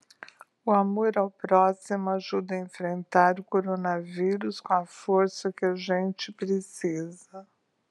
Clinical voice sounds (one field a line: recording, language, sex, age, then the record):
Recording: spoken sentence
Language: Brazilian Portuguese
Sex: female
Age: 60 to 69 years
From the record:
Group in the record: control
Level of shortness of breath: 0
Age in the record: 65 years